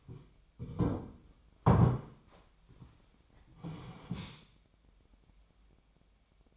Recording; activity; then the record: daily activity, microphone in the room; sit down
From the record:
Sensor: 1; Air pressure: 1007.9 hPa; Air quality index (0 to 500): 192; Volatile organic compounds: 17 ppm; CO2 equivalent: 2598 ppm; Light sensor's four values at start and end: 13/32/13/14 and 13/32/13/14